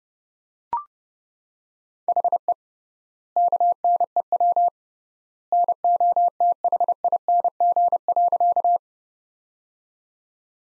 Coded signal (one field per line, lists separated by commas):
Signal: Morse code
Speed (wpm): 32 wpm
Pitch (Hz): 700 Hz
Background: none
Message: HE KNEW NOTHING.